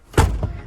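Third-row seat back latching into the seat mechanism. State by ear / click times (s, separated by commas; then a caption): seated / 0.4 s. The stowed third-row seat of a 2024 Kia Carnival LX minivan (29k miles) is pulled up out of the floor well until the seat back latches into the seat mechanism. A broad thud near 0.2 s is followed by a single short thump at 0.4 s as the seat locks upright and is seated.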